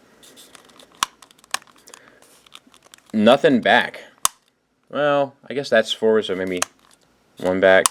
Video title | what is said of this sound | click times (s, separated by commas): Marvel Legends X Men BAF Juggernaut | so for what it's worth right ab crunch two clicks forward | 1.0 s, 1.5 s